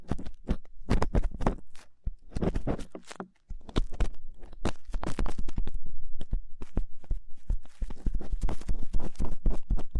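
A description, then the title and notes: Rough ear cleaning: fast, irregular scratching, rubbing and crackling strokes, some sharp and bright, others low and muffled thumps. The activity falls briefly silent around the three-second mark, then returns busier and denser through the end. ASMR Rough Ear Cleaning (No Talking).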